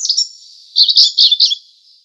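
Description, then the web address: Asian brown flycatcher song: a brief, very high, thin twittering phrase of a few rapid buzzy notes after a softer opening. "Schulze Peter Asian Brown Flycatcher song"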